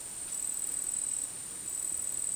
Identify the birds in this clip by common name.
none